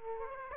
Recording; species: mosquito wingbeat signal from an infrared sensor; Aedes aegypti